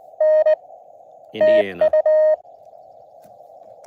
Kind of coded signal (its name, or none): Morse code